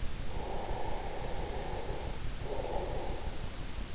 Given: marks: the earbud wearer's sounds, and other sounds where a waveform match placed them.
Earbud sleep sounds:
sounds in sleep by an in-ear microphone; breath
0.34-3.71 s: breath

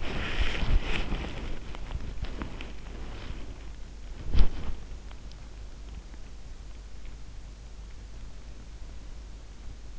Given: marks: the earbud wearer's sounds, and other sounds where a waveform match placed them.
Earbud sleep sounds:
sounds in sleep by an in-ear microphone; body movement
0.00-4.84 s: body movement

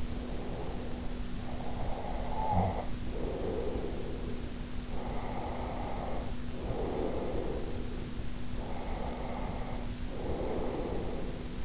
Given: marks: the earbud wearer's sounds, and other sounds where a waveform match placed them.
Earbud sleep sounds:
sounds in sleep by an in-ear microphone; breath, snoring breath
0.00-1.32 s: breath
1.36-4.70 s: snoring breath
4.94-8.23 s: breath
8.54-11.65 s: breath

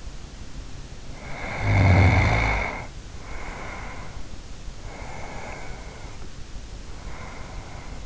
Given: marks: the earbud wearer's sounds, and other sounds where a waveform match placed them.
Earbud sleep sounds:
sounds in sleep by an in-ear microphone; snoring breath, breath
0.97-4.33 s: snoring breath
4.91-8.06 s: breath

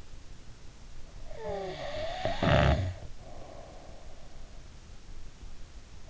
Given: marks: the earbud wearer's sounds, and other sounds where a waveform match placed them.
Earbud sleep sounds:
sounds in sleep by an in-ear microphone; snoring breath
1.31-4.35 s: snoring breath

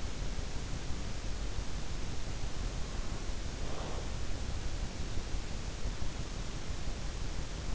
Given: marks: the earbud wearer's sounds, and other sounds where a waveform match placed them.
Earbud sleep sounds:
sounds in sleep by an in-ear microphone; breath
3.34-4.25 s: breath

